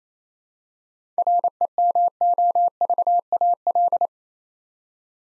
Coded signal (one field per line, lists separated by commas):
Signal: Morse code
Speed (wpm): 27 wpm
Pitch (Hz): 700 Hz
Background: none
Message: REMOVAL